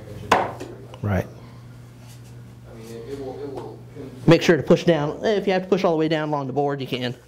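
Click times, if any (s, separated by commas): 0.3 s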